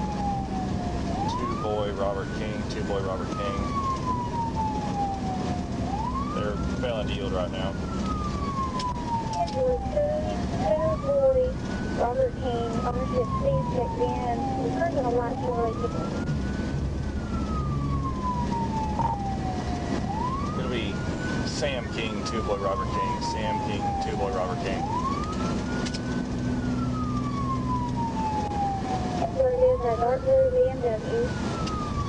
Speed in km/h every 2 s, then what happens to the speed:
124, 124, 124, 126, 126, 126, 126, 129, 129, 127, 124, 121, 122, 124, 122, 119.
0-16 steady at about 126. 16-32 slows to 119.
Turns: none.